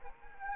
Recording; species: mosquito wingbeat signal from an infrared sensor; Anopheles arabiensis